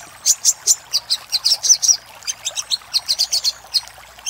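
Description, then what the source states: Little spiderhunter song: spaced, high, penetrating chips, some slurred, delivered in a steady series with slight pauses between groups. Master recording for training cage birds, titled Labaik.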